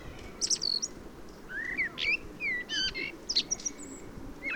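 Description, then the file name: Common blackbird song, a quick run of mellow whistled notes with thin high chips in between, over faint background noise. "Turdus merula"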